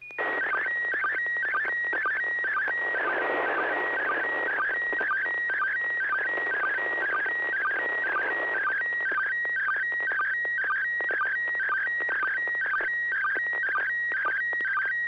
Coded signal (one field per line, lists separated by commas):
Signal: SSTV (slow-scan television)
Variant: PD 120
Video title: N6NA SSTV Net - 08/27/2025